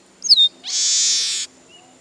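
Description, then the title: Bird song: a sharp downslurred whistle followed by a loud, sustained harsh buzzy note lasting nearly a second, then a faint short whistle. "LuckyPassaro Completos2Sama"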